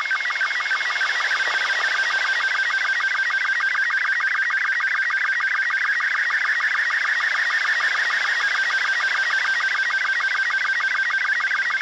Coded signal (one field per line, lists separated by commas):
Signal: SSTV (slow-scan television)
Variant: Robot 36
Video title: ARISSAT-1 SSTV and Audio.avi